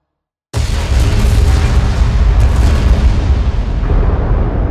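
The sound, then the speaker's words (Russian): After a moment of silence, a sudden loud explosion erupts into a heavy, sustained low rumble, with another sharp bang partway through, the roar continuing without letting up. Many loud bangs spread across the grounds. “Множество громких хлопков разлетелось по территории.”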